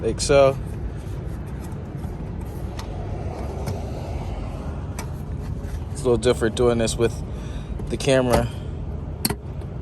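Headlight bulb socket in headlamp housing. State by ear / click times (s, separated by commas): released / 9.2 s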